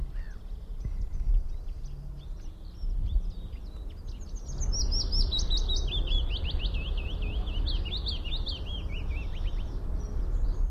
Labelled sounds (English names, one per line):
Willow Warbler